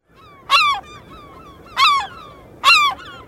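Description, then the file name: Slaty-backed gull giving three loud, harsh, falling calls about one second apart, each with a trailing softer note, over a low background hiss. Recorded on 24 July 2006. "2006-07-24 Slaty-backed Gull"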